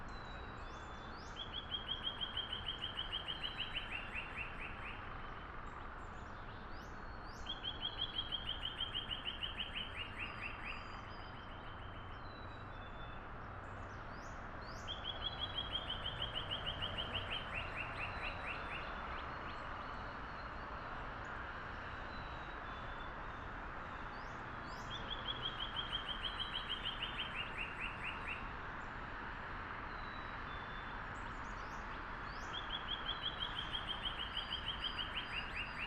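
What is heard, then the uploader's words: Birds sing in a backyard in the morning, with a repeated rapid trilling phrase returning about every eight seconds, near 2, 8, 15 and 25 seconds. Thin high chirps from other birds scatter throughout over a steady low hum of traffic. Morning in Wakefield Rhode Island, Backyard. Recorded on MixPre 10ii with AKG C414 XLS Matched Pair from 5:30-7ish.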